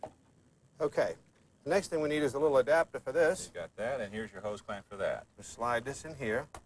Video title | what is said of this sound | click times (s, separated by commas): 1993 Rockingham NASCAR Battle! The Rock Comes Alive - Part 2 | And that snaps right in here. | 0.0 s